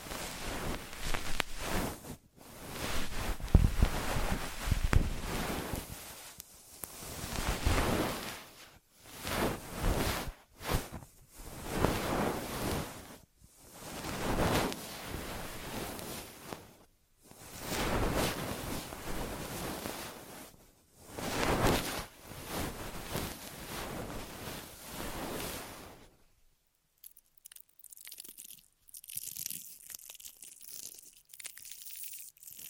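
An ear massage and cleaning, heard as rough rubbing and rustling swells that rise and fall in waves, each lasting a few seconds with short silent gaps between. The strokes are dense and full from low to bright. After about 26 seconds only faint, thin scratching remains.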